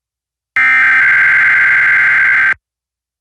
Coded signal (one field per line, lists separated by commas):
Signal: Emergency Alert System (SAME) tones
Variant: header bursts